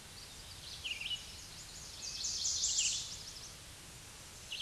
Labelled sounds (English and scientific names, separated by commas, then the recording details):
Red-eyed Vireo (Vireo olivaceus) song
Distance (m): 30 m
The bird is about 10 m above the microphone
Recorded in a Pennsylvania forest on 16 May 2024 at 07:53
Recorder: AudioMoth, point MSD-2376
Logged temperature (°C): 16.7 °C
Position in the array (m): 149 m, 29 m